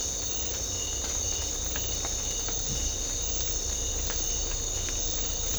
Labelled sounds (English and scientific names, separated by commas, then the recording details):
none
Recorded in secondary vegetation near Puerto Asís, Putumayo, Colombia, on 18 December 2024 at 01:00
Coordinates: 0.500, -76.326
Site G065